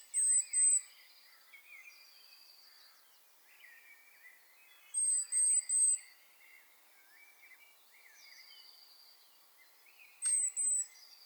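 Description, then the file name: Eurasian blue tit: short groups of very high, thin notes repeated about every five seconds, with softer chirping between. "Cyanistes caeruleus"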